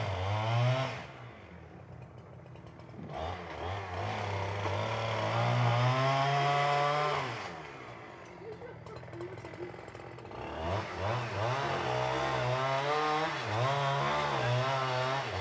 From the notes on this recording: the sound of a tree falling in the woods